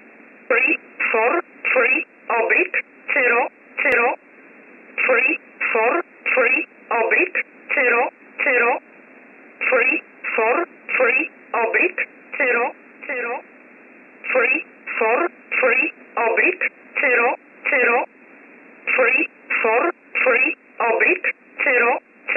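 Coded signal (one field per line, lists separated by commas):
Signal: numbers station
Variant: E11 Oblique, English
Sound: narrowband voice reading short words at a steady, even pace, with brief pauses between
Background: faint radio static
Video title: 14 07 2021 Number station E11 Oblique in English to Eu 0745 on 15720 unknown tx site in USB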